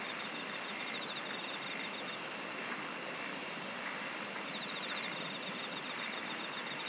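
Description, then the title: Insects sing in layered pulsed trills, a high chirring band and brief shrill bursts repeating every second or two, over a broad hissing background. "SINGING OF INSECTS"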